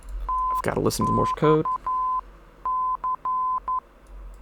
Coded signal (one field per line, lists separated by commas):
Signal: Morse code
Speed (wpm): 11 wpm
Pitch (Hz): 1020 Hz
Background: speech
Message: TXC